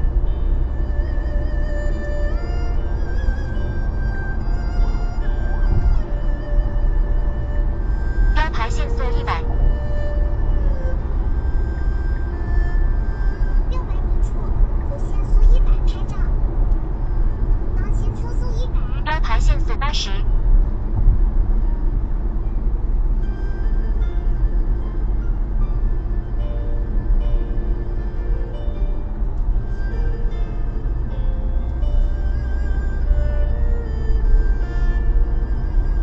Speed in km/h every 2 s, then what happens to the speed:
83, 89, 91, 90, 92, 97, 98, 97, 94, 91, 83, 74, 71, 69, 70, 72, 76, 76.
0-13 speeds up to 98. 13-24 slows to 71. 24-36 steady at about 71.